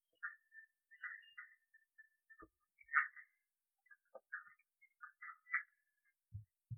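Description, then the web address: Red-eyed tree frog uttering quick clucking notes in irregular bursts, one strongest at about three seconds, with a couple of low knocks near the end. "phyllomedusidae Agalychnis-callidryas"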